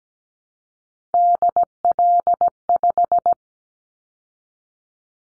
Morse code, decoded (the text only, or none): DL5